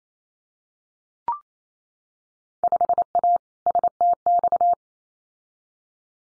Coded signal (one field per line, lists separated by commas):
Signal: Morse code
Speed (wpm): 28 wpm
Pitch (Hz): 700 Hz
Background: none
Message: 5A STX